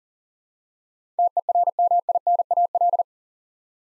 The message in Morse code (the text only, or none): TERMINAL